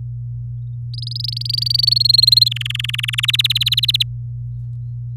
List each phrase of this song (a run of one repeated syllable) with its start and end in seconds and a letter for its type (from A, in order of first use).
0.94-1.85 A, 1.87-2.49 B, 2.51-3.26 C, 3.28-4.03 D